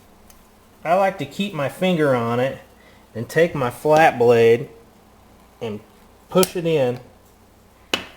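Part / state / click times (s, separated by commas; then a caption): internal spring-loaded part pushed back into a pistol frame / seated / 7.9 s. During reassembly of a steel Dreyse M1907 pistol, someone talks while holding an internal spring-loaded part down with a finger and pushing it back into the pistol frame with a flat-blade screwdriver. A sharp, loud snap is heard at 7.9 s as the part seats and snaps back into place.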